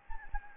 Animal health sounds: mosquito wingbeat signal from an infrared sensor; Anopheles gambiae

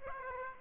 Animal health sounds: mosquito wingbeat signal from an infrared sensor; Aedes aegypti

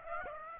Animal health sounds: mosquito wingbeat signal from an infrared sensor; Aedes aegypti

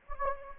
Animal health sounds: mosquito wingbeat signal from an infrared sensor; Anopheles gambiae

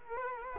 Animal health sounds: mosquito wingbeat signal from an infrared sensor; Culex quinquefasciatus

